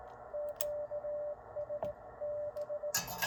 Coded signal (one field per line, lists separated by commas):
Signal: Morse code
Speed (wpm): 16 wpm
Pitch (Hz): 590 Hz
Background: none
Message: QSB